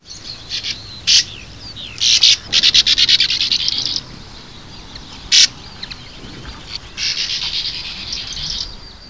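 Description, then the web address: Bird calls: sharp high chirps, then a fast rapid series of notes lasting over a second, a single loud note, and softer rapid twittering toward the end. "Eyewitness Birds"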